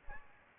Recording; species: mosquito wingbeat signal from an infrared sensor; Aedes aegypti